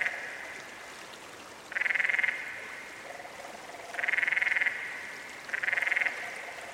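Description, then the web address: Canyon frog calling: three pulsed, rattling trills about half a second each, spaced about one and a half to two seconds apart, with softer, lower trills faintly heard between them. "Dan Gibson's Solitudes Frog Song. Canyon Frog"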